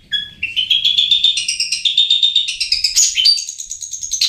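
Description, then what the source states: Long-tailed shrike song, a continuous varied warble of whistled and chattered notes climbing gradually higher in pitch. Recording used to train caged birds.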